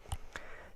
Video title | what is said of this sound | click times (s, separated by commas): How to make a dual pocket pouch/ crossover body bag | the snaps in place and | 0.1 s, 0.4 s